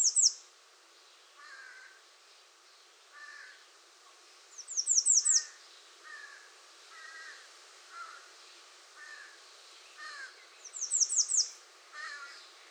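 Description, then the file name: American redstart song: three bursts of very high, thin, downslurred notes spaced several seconds apart, with quieter lower chirps between phrases. 21 June 2019. "2019-06-21 American Redstart"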